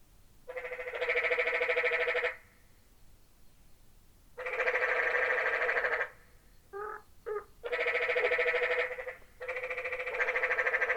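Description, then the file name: Canyon tree frog calls: four long, harsh pulsed trills of one to two seconds each, the last cut off at the end, with a few brief softer notes between the second and third. "Quiet American - Canyon Tree Frog"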